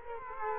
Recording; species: mosquito wingbeat signal from an infrared sensor; Culex quinquefasciatus